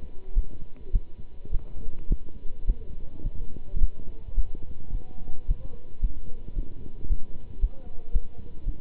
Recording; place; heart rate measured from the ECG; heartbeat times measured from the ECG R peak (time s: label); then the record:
heart sounds by stethoscope; between the tricuspid and mitral areas; 108 bpm
0.34 s: heartbeat
0.92 s: heartbeat
1.51 s: heartbeat
2.08 s: heartbeat
2.66 s: heartbeat
3.23 s: heartbeat
3.80 s: heartbeat
4.35 s: heartbeat
4.91 s: heartbeat
5.47 s: heartbeat
6.01 s: heartbeat
6.55 s: heartbeat
7.08 s: heartbeat
7.60 s: heartbeat
8.12 s: heartbeat
8.64 s: heartbeat
From the record:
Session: pedaling a stationary bicycle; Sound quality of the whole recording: good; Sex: male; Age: 27 years